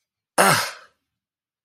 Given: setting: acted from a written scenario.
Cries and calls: vocal sound without words; pain

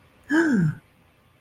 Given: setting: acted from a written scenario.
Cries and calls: vocal sound without words; positive surprise

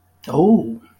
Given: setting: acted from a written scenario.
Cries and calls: vocal sound without words; interest

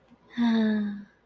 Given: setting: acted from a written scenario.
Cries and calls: vocal sound without words; ecstasy

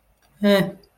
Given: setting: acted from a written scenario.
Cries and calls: vocal sound without words; neutral

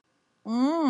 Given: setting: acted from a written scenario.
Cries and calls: vocal sound without words; contempt

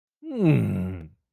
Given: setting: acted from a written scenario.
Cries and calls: vocal sound without words; disgust

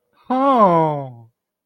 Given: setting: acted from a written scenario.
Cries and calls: vocal sound without words; elation

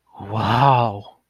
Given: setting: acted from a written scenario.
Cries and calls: vocal sound without words; awe

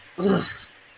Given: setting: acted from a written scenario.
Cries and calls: vocal sound without words; contempt

